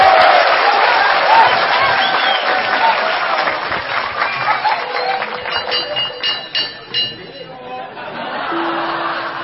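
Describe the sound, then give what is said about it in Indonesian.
Loud audience applause, a dense wash of clapping that gradually thins into a few scattered, distinct claps, with crowd voices murmuring underneath toward the end. “Dan puncak dari sesi yang awal ini adalah Mustafa W. Hasyim, tepuk tangan yang keras.”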